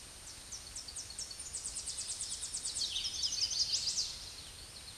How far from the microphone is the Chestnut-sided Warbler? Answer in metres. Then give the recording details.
about 20 m. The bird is about level with the microphone. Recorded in a Pennsylvania forest on 16 May 2024 at 07:24. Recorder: AudioMoth, point MSD-0665. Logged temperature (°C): 16.1 °C. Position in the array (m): 77 m, 69 m